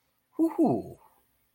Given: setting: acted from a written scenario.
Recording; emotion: vocal sound without words; elation